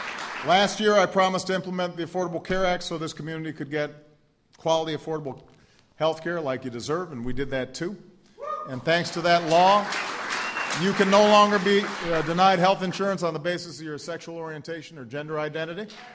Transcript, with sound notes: Last year, I promised to implement the Affordable Care Act so this community could get quality, affordable health care like you deserve. And we did that, too. (Applause.) And thanks to that law, you can no longer be denied health insurance on the basis of your sexual orientation or gender identity.